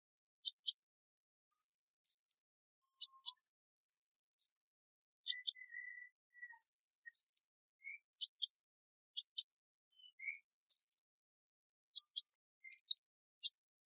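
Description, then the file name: High sunbird chips in pairs, interspersed with short wavy whistles that dip in pitch, repeated evenly over fourteen seconds, with a faint low whistle partway through. "Tieng chim hut mat"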